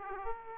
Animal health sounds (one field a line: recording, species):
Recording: mosquito wingbeat signal from an infrared sensor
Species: Aedes aegypti